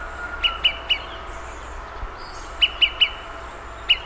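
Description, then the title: Olive-sided flycatcher song, two loud three-note whistled phrases separated by a pause, then a single note starting another, over a faint low background hum. "LuckyPassaro Completos2Sama. Olive-sided Flycatcher (Contopus cooperi)"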